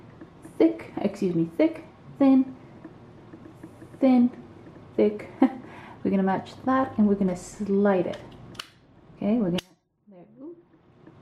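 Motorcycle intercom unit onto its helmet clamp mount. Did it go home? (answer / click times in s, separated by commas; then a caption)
yes / 8.6 s. A plastic motorcycle intercom unit is lined up thick-to-thick and thin-to-thin with its clamp mount on a helmet and slid on while someone talks. A sharp click at 8.6 seconds marks it snapping into place, leaving it steady, firm and installed.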